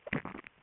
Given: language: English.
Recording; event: throat vibration sensor signal played as sound; swallow